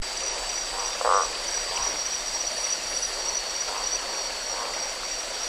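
Frog croaks: one loud, short croak near the start, then three fainter similar croaks spread over the next few seconds, over a steady high-pitched hiss.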